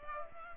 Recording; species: mosquito wingbeat signal from an infrared sensor; Culex pipiens